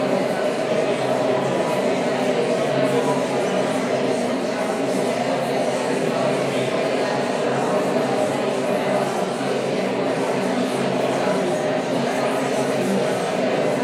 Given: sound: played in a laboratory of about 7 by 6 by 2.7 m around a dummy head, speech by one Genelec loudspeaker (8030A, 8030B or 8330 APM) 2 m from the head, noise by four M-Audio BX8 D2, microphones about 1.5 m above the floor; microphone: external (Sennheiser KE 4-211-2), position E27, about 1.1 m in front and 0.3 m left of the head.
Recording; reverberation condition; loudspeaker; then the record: babble noise; high; four, about 170 cm from the corners of the room and facing them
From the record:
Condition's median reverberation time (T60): about 1300 ms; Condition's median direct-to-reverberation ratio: about -4.0 dB